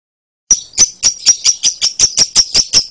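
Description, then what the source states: Lovebird calling with a regular series of bright, piercing chirps, several per second, after a short silence. Lovebird referred to as Putri Mentaya.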